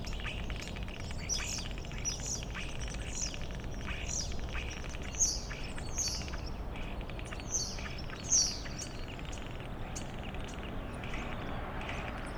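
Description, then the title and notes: Common starling song of repeated short downslurred whistles and clicks, with steady low background noise. Starlings outside a window in rural Goworów, Poland, mimicking various other species; rural birds imitate other birds, not car alarms; recorded with Zoom F4 and AT BP4025. "Goworów 6, 57-515, Poland - Starlings mimicking other species. Zainstalowały mi się za oknem szpaki i udają najróżniejsze inne dźwięki. Obok wcale nie ma stawu - to szpaki udają żaby. Tak samo z wołaniem żurawi - to słabsze głosy, ale ewidentny zaśpiew żurawia"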